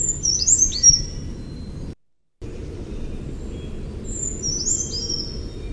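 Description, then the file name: Brown creeper song: two very high, thin phrases a few seconds apart, each a short cascade of fine, wavering notes, over a steady low background rumble. "BRCR song"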